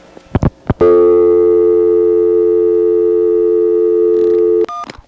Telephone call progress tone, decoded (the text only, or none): dial tone